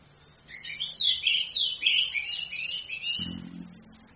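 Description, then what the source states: Orange-headed thrush song: a sustained rapid warble of tumbling high whistled notes, fading toward the end, with a brief low thump. Female; used as a training recording for other birds.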